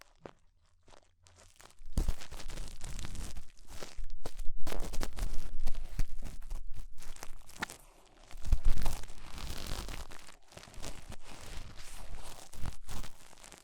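Ear-cleaning sounds of rhinestones and clay being removed: dense crunchy scraping and crackling in bursts after a quiet start, with brief pauses throughout.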